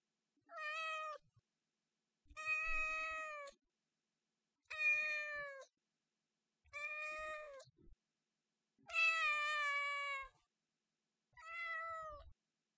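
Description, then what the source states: Cat meowing: six drawn-out, harmonic-rich meows, each about a second long, separated by short quiet pauses. Three-month-old kitten, meowing.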